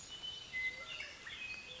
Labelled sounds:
Western Meadowlark
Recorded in Sonoma County, California

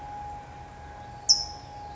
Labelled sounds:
California Towhee
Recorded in Sonoma County, California

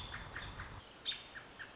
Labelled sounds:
American Robin
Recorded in Sonoma County, California

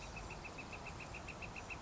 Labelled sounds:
Northern Flicker
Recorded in Sonoma County, California

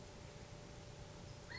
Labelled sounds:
California Quail
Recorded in Sonoma County, California

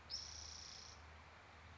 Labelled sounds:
Spotted Towhee
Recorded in Sonoma County, California

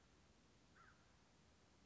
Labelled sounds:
American Crow
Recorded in Sonoma County, California

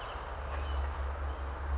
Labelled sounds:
Western Flycatcher
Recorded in Sonoma County, California

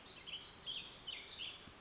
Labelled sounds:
Warbling Vireo
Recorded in Sonoma County, California

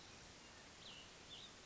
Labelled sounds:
Cassin's Vireo
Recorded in Sonoma County, California

